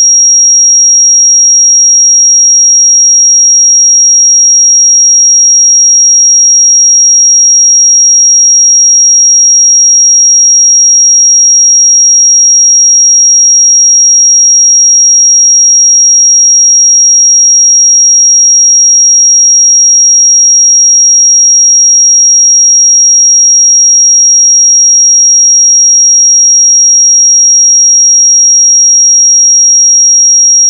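A pure sine tone at 5636 Hz sounds without a break for the full half minute. The pitch is high and piercing, and it stays perfectly steady in pitch and loudness, with nothing else audible behind it.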